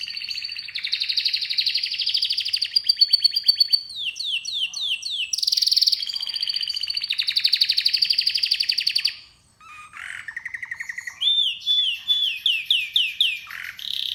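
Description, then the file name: Canary song with rapid rolling trills, descending slurred notes, a short silent break, then lower chattering tours and further slurred phrases. "Canary Singing"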